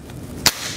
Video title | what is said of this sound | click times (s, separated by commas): Navigator Overhead Faulted Circuit Indicator | install it on the conductor until it snaps into place you want the unit to snap into place | 0.5 s